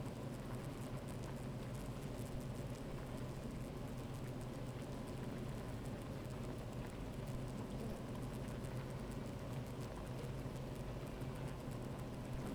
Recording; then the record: honeybee colony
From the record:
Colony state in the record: active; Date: 28 July 2017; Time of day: 13:20